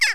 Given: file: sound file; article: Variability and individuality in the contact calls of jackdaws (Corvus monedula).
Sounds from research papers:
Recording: jackdaw call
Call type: harmonic

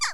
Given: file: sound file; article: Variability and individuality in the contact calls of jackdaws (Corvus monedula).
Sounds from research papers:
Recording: jackdaw call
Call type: harmonic

